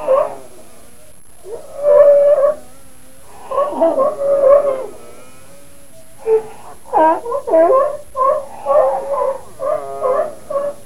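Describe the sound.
Sea lion barking and honking in harsh, harmonic bursts, a few drawn-out calls then a rapid series of barks.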